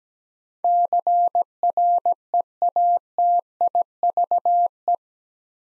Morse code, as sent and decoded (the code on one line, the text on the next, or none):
-.-. .-. . .- - .. ...- .
CREATIVE